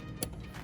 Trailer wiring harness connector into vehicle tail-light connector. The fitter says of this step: so this one goes to this one you snap it in